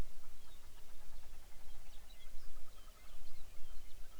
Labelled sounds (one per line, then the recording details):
songbird
grouse or ptarmigan
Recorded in the Arctic National Wildlife Refuge, Alaska, on 23 May 2019 at 05:37
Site 49